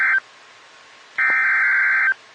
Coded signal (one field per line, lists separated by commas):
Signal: Emergency Alert System (SAME) tones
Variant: header bursts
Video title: SMW on KHB37 (EAS #146)